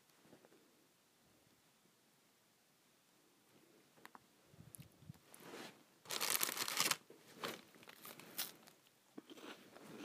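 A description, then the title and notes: Someone eats saltine crackers. The first few seconds are nearly quiet, then dry, crisp crunching and crackling begins around four seconds. The bites come in irregular bursts, loudest and densest just after six seconds, with brief gaps between chews. ASMR Eating Saltines.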